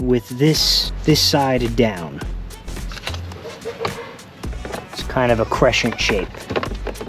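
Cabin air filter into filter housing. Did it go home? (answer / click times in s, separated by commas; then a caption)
no / none. A new crescent-shaped cabin air filter for a Subaru WRX is handled and oriented with one side down, ready to be pushed into its filter housing behind the glove box, while someone talks over background music. Brief handling knocks and taps are heard around 2.9–4.7 s and near 6.6 and 6.9 s. Nothing has seated or clicked yet.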